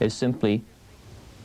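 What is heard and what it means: A SIM card is handled at its holder, which has metal tabs on either side and plastic notches that line up with holes beside the SIM. Someone talks briefly, then there is only quiet, low background noise. Nothing has seated or clicked yet.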